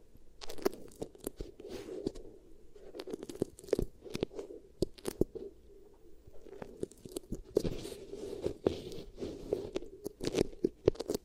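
Beeswax is pressed and worked in short, crunchy crackles, with sharp clicks arriving several times a second throughout. A soft, low rubbing hum stays steady underneath, and the crackling grows brighter and busier after about seven seconds.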